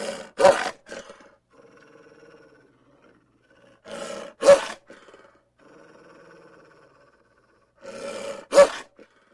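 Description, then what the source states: Dog growling, low rumbling growls broken by three loud harsh snarling barks about every four seconds. Large dog giving vicious growls.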